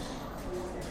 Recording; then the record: background sound without coughing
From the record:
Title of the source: 60 minutes of coffee shop sounds for study and concentration